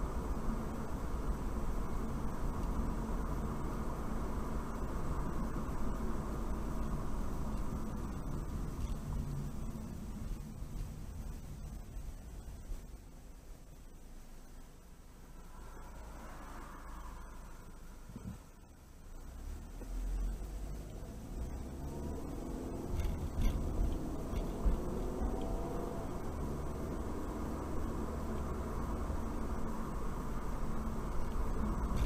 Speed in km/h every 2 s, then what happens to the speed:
48, 48, 48, 40, 29, 15, 3, 0, 0, 0, 0, 24, 35, 42, 48, 47.
0-5 steady at about 48. 5-13 brakes to 0. 13-20 standing. 20-28 pulls away to 48.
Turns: none.